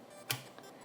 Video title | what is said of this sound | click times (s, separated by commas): Upgrade💻Laptop HP Serie 14-CF3000 - Instalar/Cambiar SSD en M.2, Memorias RAM y HDD/SSD de 2.5" | cần hạ nó xuống cho đến khi chúng tôi nghe thấy tiếng tách, sẵn | 0.3 s